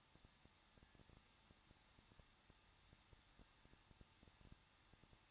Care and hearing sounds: daily activity, microphone in the room; no activity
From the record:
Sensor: 3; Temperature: 21.2 degrees Celsius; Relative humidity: 36.3%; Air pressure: 1006.4 hPa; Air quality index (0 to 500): 221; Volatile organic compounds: 40 ppm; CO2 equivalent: 3145 ppm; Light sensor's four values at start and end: 2/3/2/2 and 2/3/2/2

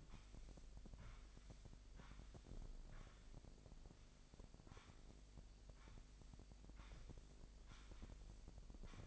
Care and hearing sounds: daily activity, microphone in the room; sweep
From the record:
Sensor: 5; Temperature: 25.1 degrees Celsius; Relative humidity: 39.7%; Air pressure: 1001.7 hPa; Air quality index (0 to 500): 181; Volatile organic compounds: 12 ppm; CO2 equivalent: 2326 ppm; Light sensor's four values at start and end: 28/94/35/37 and 27/94/35/37

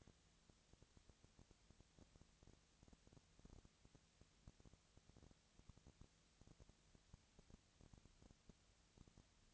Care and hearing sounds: daily activity, microphone in the room; no activity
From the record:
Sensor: 3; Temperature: 20.6 degrees Celsius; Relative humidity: 35.7%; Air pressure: 998.8 hPa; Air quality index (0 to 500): 236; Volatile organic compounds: 71 ppm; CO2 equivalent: 3527 ppm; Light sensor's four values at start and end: 2/3/2/2 and 2/3/2/2

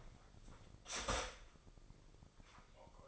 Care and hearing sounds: daily activity, microphone in the room; start toaster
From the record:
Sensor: 5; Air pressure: 995.4 hPa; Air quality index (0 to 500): 107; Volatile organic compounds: 8 ppm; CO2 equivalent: 2054 ppm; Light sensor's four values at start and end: 25/61/24/22 and 25/62/24/22

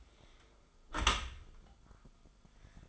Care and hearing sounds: daily activity, microphone in the room; close dishwasher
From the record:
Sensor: 5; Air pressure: 1004.7 hPa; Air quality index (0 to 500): 92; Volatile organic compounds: 2 ppm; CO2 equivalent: 1107 ppm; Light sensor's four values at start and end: 33/75/31/30 and 32/73/30/29

